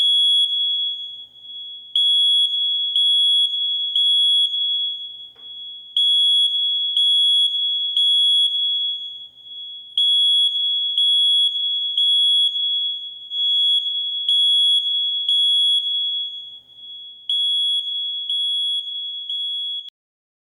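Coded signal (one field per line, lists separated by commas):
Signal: alarm pattern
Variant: smoke detector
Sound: loud piercing high beeping smoke alarm, rapid pulses in repeating runs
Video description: It is the recognizable smoke alarm beep beep beep that goes off when a smoke detector senses smoke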